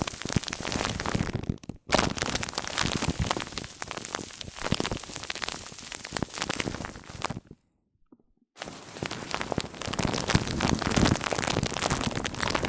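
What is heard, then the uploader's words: Mic-on-mic triggers: a dense, crackling rush of scratchy taps and rubbing, loud and bright, with a rain-like patter running throughout. The sound cuts out briefly near two seconds, then falls fully silent for about a second around the eight-second mark before resuming. ASMR MIC ON MIC Triggers Richer Sounds, Intense Tingles!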